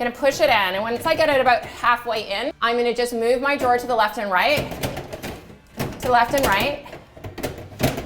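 An IKEA Maximera kitchen drawer is pushed about halfway onto its cabinet drawer rails and moved left and right to engage the rail latches while someone talks. A few soft handling knocks come near 7.2–7.4 s, but nothing has caught or seated yet when the clip ends.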